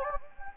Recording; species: mosquito wingbeat signal from an infrared sensor; Anopheles gambiae